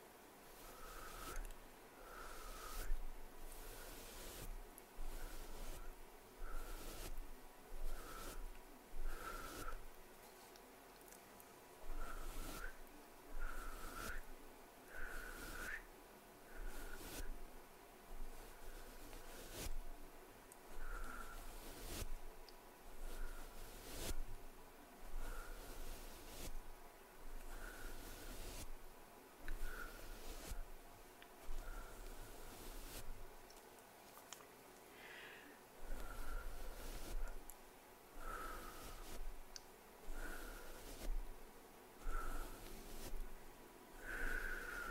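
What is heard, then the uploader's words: Hand movements and mouth sounds: soft rustling and brushing runs throughout, broken by frequent short, wet clicks and smacks every second or so. A low steady hum sits underneath, and the sounds swell and fade in uneven bursts across the whole 45 seconds. HAND MOVEMENTS MOUTH SOUNDS.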